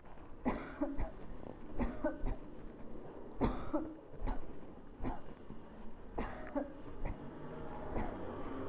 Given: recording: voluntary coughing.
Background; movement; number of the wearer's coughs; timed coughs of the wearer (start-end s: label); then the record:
traffic; walking; 10
0.43-0.88 s: cough
0.96-1.19 s: cough
1.77-2.15 s: cough
2.24-2.43 s: cough
3.38-3.89 s: cough
4.25-4.55 s: cough
5.03-5.33 s: cough
6.15-6.65 s: cough
7.02-7.25 s: cough
7.93-8.17 s: cough
From the record:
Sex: female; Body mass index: 22.6 kg/m2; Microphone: on the chest, facing the body